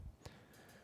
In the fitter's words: and they just snap in place.